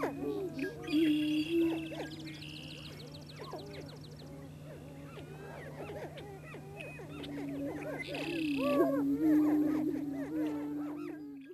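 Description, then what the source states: Greater prairie chickens give low hollow booms and busy cackling calls, louder near the start and toward the end, softer in the middle. Recorded in Missouri.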